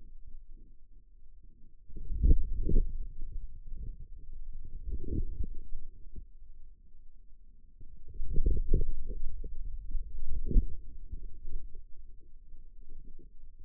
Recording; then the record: forearm muscle sounds (acoustic myography)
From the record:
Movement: outward rotation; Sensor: system 2, bracelet of six BSWA MPA416 microphones around the upper forearm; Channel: 3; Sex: male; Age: 22 years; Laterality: right